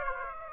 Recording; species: mosquito wingbeat signal from an infrared sensor; Aedes aegypti